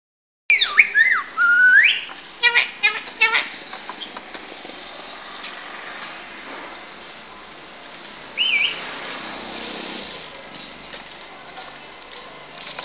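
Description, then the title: Asian pied starling singing a lively, varied run of chirps, sharp whistles and slurred notes in quick bursts, then scattered squeaky notes with pauses. Tutor material for training songbirds. "jalak_suren"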